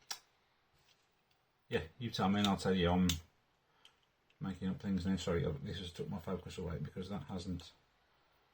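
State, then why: Not seated. A part of a spinning battle top is handled against its mating spinning top part because it has not fully gone in, with a short sharp tap near 0.1 s and a faint one near 3.9 s while someone talks. Nothing has seated or clicked yet; the part is not yet home.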